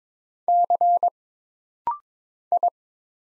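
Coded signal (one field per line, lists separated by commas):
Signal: Morse code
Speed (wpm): 22 wpm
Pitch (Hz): 700 Hz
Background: none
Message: C I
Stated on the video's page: Rapid-fire single character Morse drill at 22 wpm: letters, numbers, punctuation and prosigns, each sent, then spoken, then sent again.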